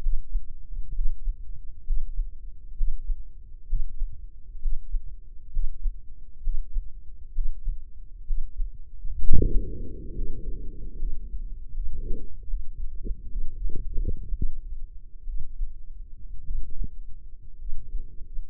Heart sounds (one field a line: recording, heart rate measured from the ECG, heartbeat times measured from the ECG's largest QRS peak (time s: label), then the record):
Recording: heart sounds by microphone in the left ear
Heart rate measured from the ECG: 65 bpm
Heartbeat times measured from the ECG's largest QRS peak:
0.92 s: heartbeat
1.84 s: heartbeat
2.74 s: heartbeat
3.66 s: heartbeat
4.59 s: heartbeat
5.50 s: heartbeat
6.41 s: heartbeat
7.32 s: heartbeat
8.24 s: heartbeat
9.18 s: heartbeat
10.12 s: heartbeat
10.96 s: heartbeat
11.71 s: heartbeat
12.45 s: heartbeat
13.28 s: heartbeat
14.33 s: heartbeat
15.24 s: heartbeat
16.42 s: heartbeat
17.56 s: heartbeat
From the record:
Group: healthy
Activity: Valsalva maneuver 0-8 s, rest 8-19 s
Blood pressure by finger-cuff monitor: 119/71 mmHg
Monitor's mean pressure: 86 mmHg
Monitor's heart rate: 66 bpm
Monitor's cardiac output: 5.7 L/min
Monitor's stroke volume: 87 mL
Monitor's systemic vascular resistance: 1080 dyn s/cm5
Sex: female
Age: 23 years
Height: 160 cm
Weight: 50.4 kg